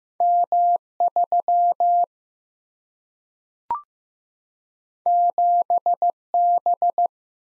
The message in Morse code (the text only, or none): M 3 7 B